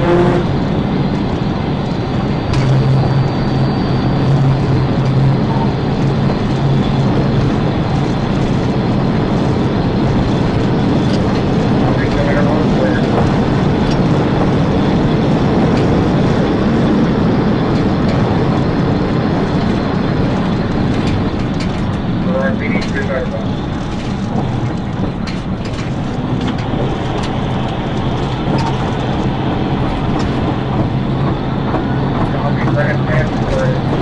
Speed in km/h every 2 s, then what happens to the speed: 193, 196, 201, 206, 211, 217, 224, 227, 214, 204, 175, 164, 151, 163, 171, 179, 185.
0-15 speeds up to 227. 15-24 brakes to 151. 24-34 speeds up to 185.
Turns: none.